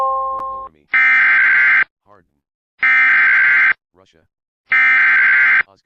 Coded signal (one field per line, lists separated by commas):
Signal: Emergency Alert System (SAME) tones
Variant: header bursts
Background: speech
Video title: HELLTARGET (An EAS Compilation On May 19-20TH) with alerts on FM AND GUPT IP RADIO!!